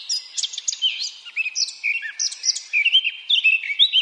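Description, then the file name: Eurasian blackcap singing a continuous, hurried warble of mixed chirps and short slurred whistles. "Sylvia atricapilla"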